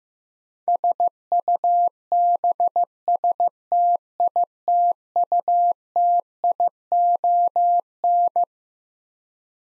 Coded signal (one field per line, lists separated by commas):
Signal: Morse code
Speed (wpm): 15 wpm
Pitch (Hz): 700 Hz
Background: none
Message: SUBSTITUTION